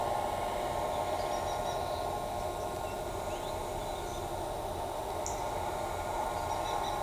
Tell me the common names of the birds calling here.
White-whiskered Spinetail